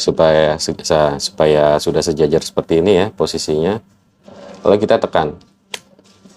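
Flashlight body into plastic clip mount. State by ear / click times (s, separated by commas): seated / 5.7 s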